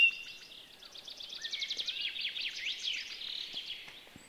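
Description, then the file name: Eurasian blackcap giving a quiet, hurried warbling phrase of quick, slurred notes over steady background hiss, with a few faint clicks. "Sylvia atricapilla"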